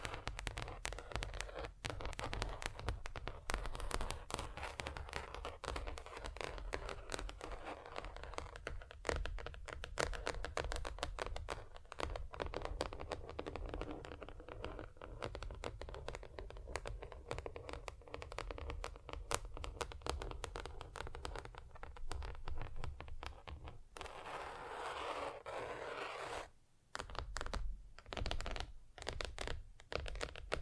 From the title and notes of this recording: ASMR Just Tapping (Different Surfaces No Talking).